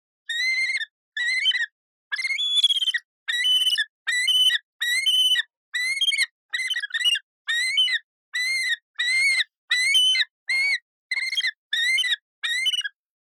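Yellow-billed kite distress calls: harsh, harmonic squealing chirps, each under a second, repeated about once a second in a series with short gaps.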